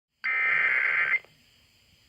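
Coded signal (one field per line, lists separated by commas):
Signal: Emergency Alert System (SAME) tones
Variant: header bursts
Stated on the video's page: Tennessee Required Monthly Test originated from the state emergency agency and relayed to all Tennessee radio and TV stations.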